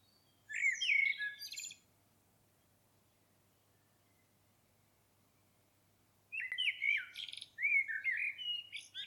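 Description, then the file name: Common blackbird giving two fluty warbled song phrases with squeaky high endings, separated by about four seconds of quiet. "Turdus merula"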